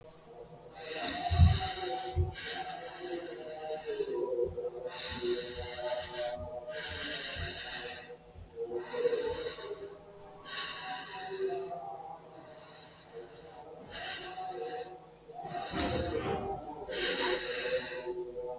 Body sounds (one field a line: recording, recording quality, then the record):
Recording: deep breathing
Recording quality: moderate, slight background noise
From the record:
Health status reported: healthy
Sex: male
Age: 23 years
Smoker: no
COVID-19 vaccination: both doses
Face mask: not worn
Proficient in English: yes